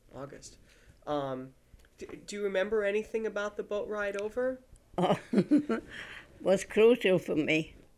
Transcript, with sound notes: August.
August. Do you remember anything about the boat ride over?
Oh. ( she laughs ) It was crucial for me,